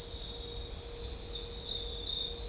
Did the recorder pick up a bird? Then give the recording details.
no. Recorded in dense forest near Puerto Asís, Putumayo, Colombia, on 21 December 2024 at 21:00. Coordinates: 0.500, -76.322. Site G053